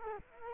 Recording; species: mosquito wingbeat signal from an infrared sensor; Culex quinquefasciatus